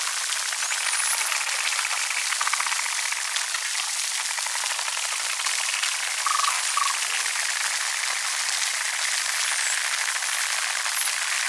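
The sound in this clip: Dolphin whistles, thin high curving tones rising and falling, heard near the start and end, over constant dense underwater crackling and clicking.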